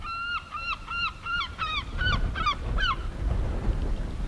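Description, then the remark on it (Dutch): Black-headed gulls at a city beach, flocking to thrown old bread, give a quick run of harsh, nasal squawks, about a dozen in three seconds, each call rising then dropping in pitch. The calls stop and low rumbling noise continues. “Oh, kijk hier, kokmeel komen er ook al op af.”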